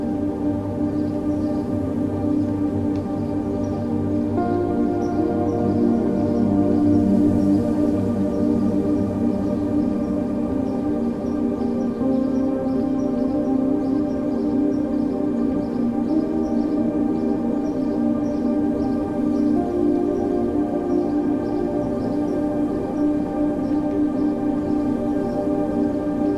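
Relaxing music made of sustained, overlapping tones rings steadily throughout, like singing bowls or soft drones, full in the low and middle range. A lower layer fades out around ten seconds. Faint, high bird chirps repeat lightly in the background.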